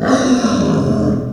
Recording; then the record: squeal of a Yucatan mini pig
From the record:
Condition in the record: after surgery on the right vocal fold (resection and tissue-engineered implant); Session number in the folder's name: 9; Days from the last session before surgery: 65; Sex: female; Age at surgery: 19 weeks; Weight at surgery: 25 kg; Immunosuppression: prednisolone